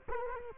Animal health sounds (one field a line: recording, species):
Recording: mosquito wingbeat signal from an infrared sensor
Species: Culex quinquefasciatus